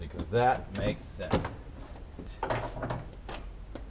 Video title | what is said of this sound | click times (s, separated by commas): Honda Acty distributor cap and rotor button replacement | Yeah, that has a satisfying click. | 2.4 s